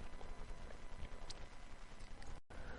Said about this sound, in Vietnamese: Tại Bá Châu của Hà Bắc, vùng đất kế bên Thiên Tử mà lại lắm đạo tặc, 30-40 kỵ mã bảo hộ một chiếc kiệu xe 8 ngựa đang phóng băng băng trên đồng không mông quạnh. Lúc này sắc trời chạng vạng, những con ngựa hồng hộc thở ra hơi thở nóng rực,